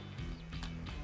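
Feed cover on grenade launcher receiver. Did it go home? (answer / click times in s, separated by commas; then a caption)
no / none. The metal feed cover of an MK-19 grenade launcher is lowered over the receiver after the ammunition belt has been aligned, with a steady low hum of handling noise and a brief sharp sound at about 0.6 s. The cover is handled but has not latched or seated yet by the end.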